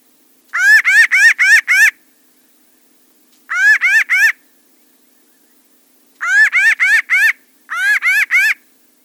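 Pinyon jay calling in rapid nasal bursts of three to five notes each, the groups separated by pauses of under half a second to two seconds.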